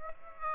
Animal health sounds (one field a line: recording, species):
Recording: mosquito wingbeat signal from an infrared sensor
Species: Aedes aegypti